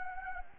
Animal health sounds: mosquito wingbeat signal from an infrared sensor; Anopheles gambiae

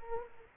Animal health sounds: mosquito wingbeat signal from an infrared sensor; Culex quinquefasciatus

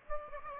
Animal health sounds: mosquito wingbeat signal from an infrared sensor; Aedes aegypti

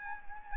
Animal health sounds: mosquito wingbeat signal from an infrared sensor; Anopheles arabiensis

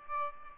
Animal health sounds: mosquito wingbeat signal from an infrared sensor; Aedes albopictus

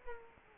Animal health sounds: mosquito wingbeat signal from an infrared sensor; Culex quinquefasciatus

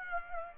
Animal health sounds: mosquito wingbeat signal from an infrared sensor; Aedes aegypti

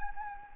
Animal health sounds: mosquito wingbeat signal from an infrared sensor; Anopheles gambiae

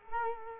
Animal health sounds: mosquito wingbeat signal from an infrared sensor; Culex quinquefasciatus

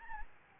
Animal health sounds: mosquito wingbeat signal from an infrared sensor; Aedes albopictus

